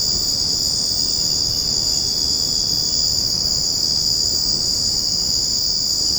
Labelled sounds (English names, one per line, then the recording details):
none
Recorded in secondary vegetation near Puerto Asís, Putumayo, Colombia, on 12 March 2025 at 23:00
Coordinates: 0.481, -76.318
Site G097